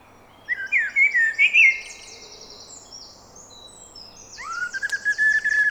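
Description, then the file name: Common blackbird with a short jumbled phrase of notes, then a quick run of repeated notes with thin high notes above. "Turdus merula"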